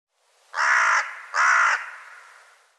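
Bird calling two loud, raspy caws back to back, each fading into a short tail, with nothing else heard.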